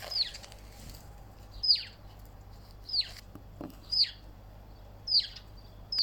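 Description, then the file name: Bird calls, sharp high descending notes repeated about once a second, six in all, over a low background hum. "zoizo klokkergarden"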